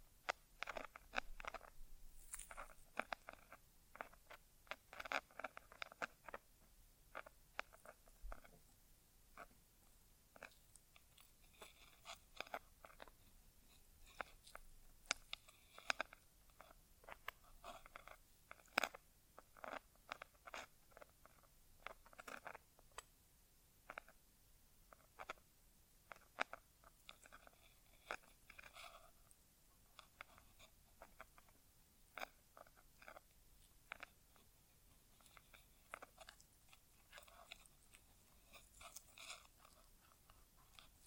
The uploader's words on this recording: ASMR Inner Ear Exam (No Talking).